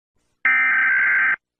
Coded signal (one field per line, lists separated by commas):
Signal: Emergency Alert System (SAME) tones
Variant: header bursts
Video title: NATO Vs US ( Eas Scenario) #easscenario #fypシ゚viral